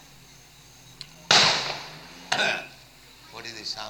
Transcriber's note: loud sound of firecracker